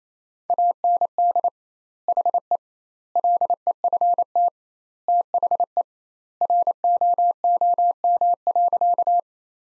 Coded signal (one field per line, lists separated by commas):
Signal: Morse code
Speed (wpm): 28 wpm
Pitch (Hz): 700 Hz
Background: none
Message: AND HE LEFT THE ROOM.